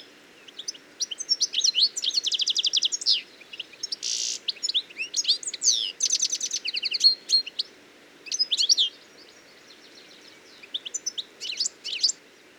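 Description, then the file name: European goldfinch song, a rapid tinkling jumble of bright twittering notes, buzzy trills and liquid chirps, running in bursts with a short pause near the end. "Carduelis carduelis"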